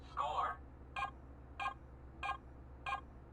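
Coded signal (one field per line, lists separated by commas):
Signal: none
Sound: toy game beeps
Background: speech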